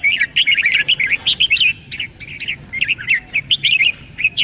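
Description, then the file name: Bulbul singing a stream of rapid, chattering, bubbly notes in quick phrases with only brief gaps, against a faint steady high whine. "suara kutilang jambul"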